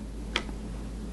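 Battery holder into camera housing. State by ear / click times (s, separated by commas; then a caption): seated / 0.4 s. A battery container holding its batteries is pushed into its compartment in a Roscoby Riser Cam camera unit. A single sharp click sounds at 0.4 s over a steady low background hum, and the battery holder is seated in place.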